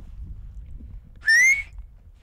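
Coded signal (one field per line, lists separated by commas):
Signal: whistled language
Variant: Silbo Gomero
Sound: one short, clear whistle rising slightly in pitch, lasting under half a second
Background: low background rumble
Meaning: The whistled vowel I, the highest note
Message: I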